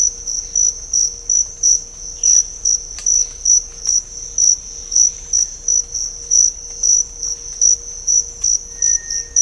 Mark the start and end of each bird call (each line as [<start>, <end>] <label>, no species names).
[2.12, 2.45] bird call
[8.68, 9.41] bird call